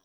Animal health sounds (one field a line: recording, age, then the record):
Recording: pig call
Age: piglet (1 to 25 days)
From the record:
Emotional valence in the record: positive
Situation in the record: short reunion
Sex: female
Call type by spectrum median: high-frequency call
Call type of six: low-frequency tonal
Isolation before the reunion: 3 minutes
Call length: 0.06 s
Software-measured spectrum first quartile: 619 Hz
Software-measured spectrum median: 2768 Hz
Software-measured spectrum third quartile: 6482 Hz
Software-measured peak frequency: 285 Hz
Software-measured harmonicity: 0.0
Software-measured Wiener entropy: -1.64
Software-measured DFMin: 726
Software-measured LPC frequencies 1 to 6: 889, 3272, 3739, 5755, 7652, 8717 Hz